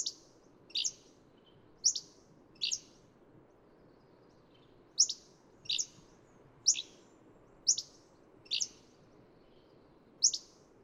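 Hammond's flycatcher: short, high, sharp notes, some burry, about once a second with one longer gap, over a faint low background hiss.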